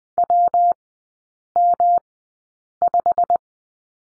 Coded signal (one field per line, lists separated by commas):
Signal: Morse code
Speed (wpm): 20 wpm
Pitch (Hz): 700 Hz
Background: none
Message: WM5